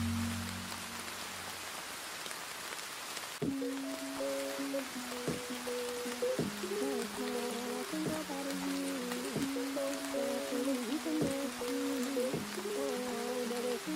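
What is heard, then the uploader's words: Steady rain hisses throughout, a dense, even patter across the whole clip. From about three and a half seconds a muffled song enters, as if playing in another room: a low bass line and mid-range melody notes, with soft regular beats punctuating it. Raining sounds.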